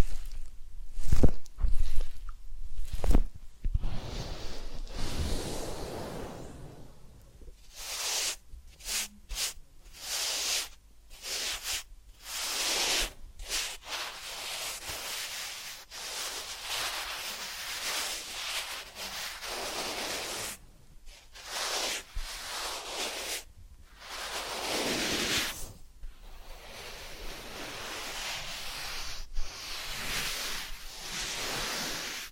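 Soft rubbing and brushing sounds from an ear cleaning and massage session, airy and bright, coming in short strokes separated by brief silences. The first few seconds hold sharper, louder scratches; after that the strokes settle into a steadier, hissing rhythm of varying length.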